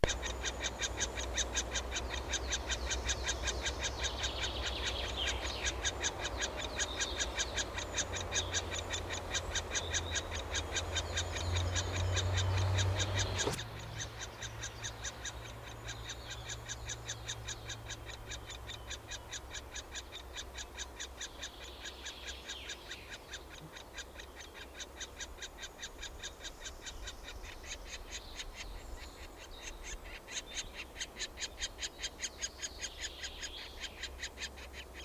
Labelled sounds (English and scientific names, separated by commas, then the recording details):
Middle Spotted Woodpecker (Dendrocopos medius)
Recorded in the wild
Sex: diverse
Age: diverse
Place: Detmold, OT Hiddesen, Teutoburger Wald, Nordrhein-Westfalen, DE
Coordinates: 51.9272, 8.80583
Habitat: pond
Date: 1969-06-17
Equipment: Uher 4000 Report-S, Bändchenmikro Beyer M 260, Parabolspiegel Polyester (470 mm)
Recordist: Conrads, Klaus